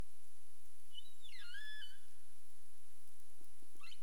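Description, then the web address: Humpback whale calls: a short harmonic note, then a tone sweeping down and holding level briefly, and a short rising upsweep at the end, with a steady faint high tone throughout. 27 April 2035, 22:41:31 UTC. "CARIMAM. humpback whale"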